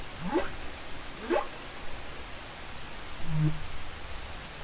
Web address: Humpback Whales Songs Sounds Vocalizations Humpback whale song